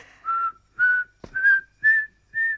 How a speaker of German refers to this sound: Pfeif nicht!